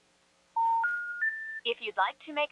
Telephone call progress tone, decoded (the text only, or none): special information tone